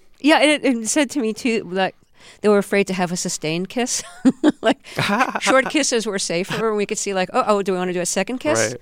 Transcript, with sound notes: Yeah, and it said to me, too, like, they were afraid to have a sustained kiss.
(LAUGHTER)
Like short kisses were safer. We could see, like, uh-oh, do we want to do a second kiss,